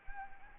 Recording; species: mosquito wingbeat signal from an infrared sensor; Anopheles gambiae